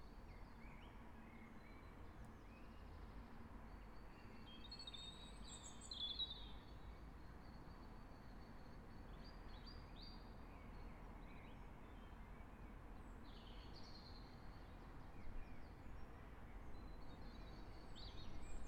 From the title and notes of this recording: An Hour of City Birdsong. A relaxing hour of sounds reecorded in a park in Brighton. Enjoy the white-noise ambience of birds singing and the distant low hum of sleepy daytime traffic.